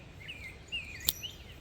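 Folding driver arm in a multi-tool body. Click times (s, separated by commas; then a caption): 1.1 s. The screwdriver bit holder on a metal Leatherman Signal multi-tool is folded out of the tool body against faint high-pitched chirping and low background noise. A single sharp, bright click at 1.1 s marks the driver arm locking open into place.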